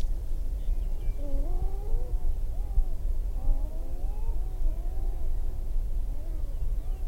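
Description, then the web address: Sharp-tailed grouse whining calls, wavering and slurred up and down, several overlapping in loose bursts over steady low rumble. "Laura's Natural Sounds Sharp-tailed Grouse"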